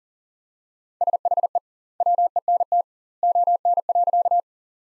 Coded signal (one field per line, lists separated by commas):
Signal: Morse code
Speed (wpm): 40 wpm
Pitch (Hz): 700 Hz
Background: none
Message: SHE WENT ON.